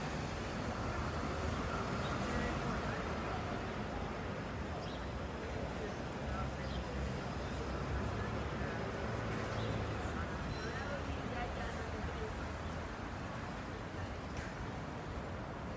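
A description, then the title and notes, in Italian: A busy plaza hums with a steady wash of overlapping voices and low rumbling traffic, with faint scattered clicks of footsteps throughout. Plaza Di Pietro. The sounds of a busy plaza in Italy. You can hear the sound of Italian conversations, footsteps, and traffic.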